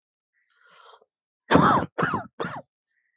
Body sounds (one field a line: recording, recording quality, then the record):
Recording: heavy voluntary cough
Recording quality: excellent, no background noise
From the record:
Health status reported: healthy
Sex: male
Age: 42 years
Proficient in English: yes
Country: India